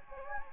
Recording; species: mosquito wingbeat signal from an infrared sensor; Anopheles gambiae